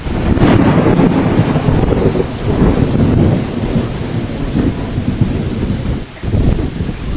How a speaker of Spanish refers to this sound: Hoy es septiembre y justo está empezando el trueno. Mira cómo se está aclarando ya. Yo dije que con este viento, eso, ahí viene otro rayo.